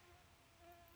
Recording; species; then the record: mosquito flight sound by mobile phone; Aedes sierrensis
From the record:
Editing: cut to the mosquito's sound